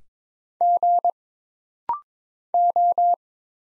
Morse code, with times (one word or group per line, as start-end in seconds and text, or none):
0.6-1.1 G
2.5-3.1 O